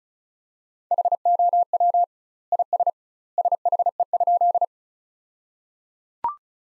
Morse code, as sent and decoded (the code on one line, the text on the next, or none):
.... --- .-- / .. ... / ... .... . ..--..
HOW IS SHE?